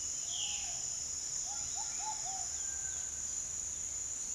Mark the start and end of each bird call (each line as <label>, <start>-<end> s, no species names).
bird call, 0.13-2.70 s